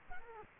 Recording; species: mosquito wingbeat signal from an infrared sensor; Culex quinquefasciatus